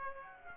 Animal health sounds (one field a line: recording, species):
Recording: mosquito wingbeat signal from an infrared sensor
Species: Aedes aegypti